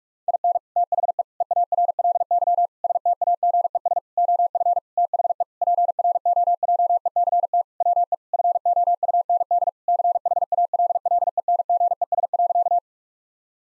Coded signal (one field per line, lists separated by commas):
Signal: Morse code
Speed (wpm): 46 wpm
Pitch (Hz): 700 Hz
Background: none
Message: IN THE EARLY STAGES OF THE PROJECT WE FOUND CHALLENGES.